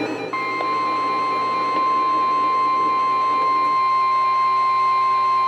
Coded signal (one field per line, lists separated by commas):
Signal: Emergency Alert System (SAME) tones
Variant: 1050 Hz attention tone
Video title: EAS #459-#485: No Rest! | KHB36, WXM42, WNG736, KEC83, & WXK97